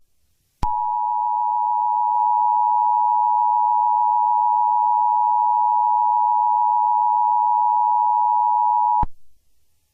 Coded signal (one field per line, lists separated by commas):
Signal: Emergency Alert System (SAME) tones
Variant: 853 and 960 Hz attention tone